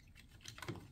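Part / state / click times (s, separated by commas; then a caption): ice tray motor housing into ice maker assembly / not seated / none. The ice tray motor housing of a Samsung lower ice maker is pushed back into the ice maker assembly after the ice cube tray is replaced. Soft scraping and light plastic handling taps are heard, building to a slightly louder knock near the end. Nothing has seated or clicked yet.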